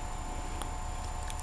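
After a capacitor swap, a turn-signal flasher's circuit board is pushed back into its plastic case, one end of which had flapped open and may need a screwdriver. A sharp click at 0.6 s is followed by several small ticks as it is worked into place against a steady background hum. The case snaps back together and the board is seated.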